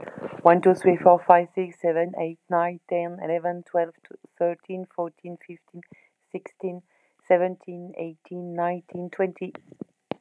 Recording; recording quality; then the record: counting at a fast pace; excellent, no background noise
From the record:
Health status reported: exposed to COVID-19, no respiratory illness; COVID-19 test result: negative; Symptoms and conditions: fatigue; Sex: female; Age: 47 years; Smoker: yes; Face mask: not worn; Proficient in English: yes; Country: France